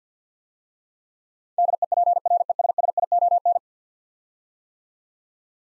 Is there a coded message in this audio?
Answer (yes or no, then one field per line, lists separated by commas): yes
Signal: Morse code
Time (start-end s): 1.6-3.6 s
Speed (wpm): 50 wpm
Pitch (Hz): 700 Hz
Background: none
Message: DEPRESSION